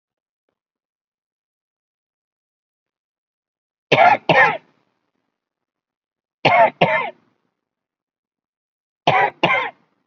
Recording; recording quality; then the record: heavy voluntary cough; excellent, no background noise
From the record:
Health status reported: COVID-19 positive, mild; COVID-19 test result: positive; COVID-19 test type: RT-PCR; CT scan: not taken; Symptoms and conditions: cough, cold, fatigue, hypertension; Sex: female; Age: 58 years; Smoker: no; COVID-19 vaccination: none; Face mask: worn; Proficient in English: no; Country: India